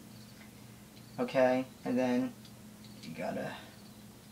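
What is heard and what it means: The locking assembly of an HFC Mauser C96/M712 airsoft replica pistol is handled before being turned around into its lug area in the pistol frame. Someone talks briefly over faint handling noise and a low background hum. Nothing has seated or clicked yet.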